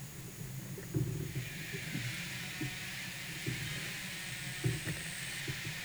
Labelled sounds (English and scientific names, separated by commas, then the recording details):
none
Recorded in pastures near Puerto Asís, Putumayo, Colombia, on 27 June 2025 at 15:00
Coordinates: 0.486, -76.323
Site H29